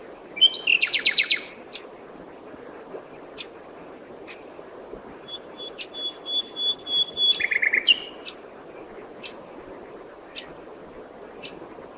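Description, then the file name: Common nightingale song with a fast rattled burst, scattered sharp clicks, a level whistle, then a low churring run of notes. "Luscinia megarhynchos"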